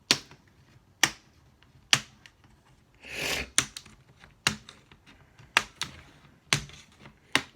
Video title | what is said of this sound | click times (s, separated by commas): How to replace laptop screen HP Pavilion 15-P100DX | they come out with a pretty satisfying click you'll know when you do it just | 0.1 s, 1.0 s, 1.9 s, 3.6 s, 5.6 s, 7.3 s